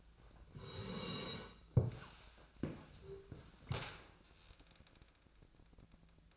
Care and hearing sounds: daily activity, microphone in the room; sit down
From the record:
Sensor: 2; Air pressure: 1000.3 hPa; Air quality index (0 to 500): 158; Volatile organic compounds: 3 ppm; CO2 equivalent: 1326 ppm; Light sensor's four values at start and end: 9/18/8/9 and 8/19/8/9

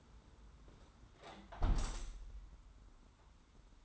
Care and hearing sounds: daily activity, microphone in the room; close window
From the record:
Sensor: 3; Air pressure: 991.2 hPa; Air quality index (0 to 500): 124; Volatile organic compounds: 118 ppm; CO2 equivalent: 3864 ppm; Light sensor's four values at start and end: 49/134/55/48 and 47/131/53/47

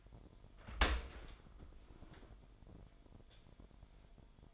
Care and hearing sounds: daily activity, microphone in the room; open dishwasher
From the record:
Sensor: 5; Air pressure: 998.4 hPa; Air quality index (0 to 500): 82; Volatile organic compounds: 1 ppm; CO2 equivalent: 933 ppm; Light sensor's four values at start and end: 21/49/20/23 and 21/49/20/23

